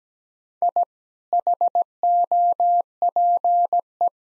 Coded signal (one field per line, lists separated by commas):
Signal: Morse code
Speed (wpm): 17 wpm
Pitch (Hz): 700 Hz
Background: none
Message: I HOPE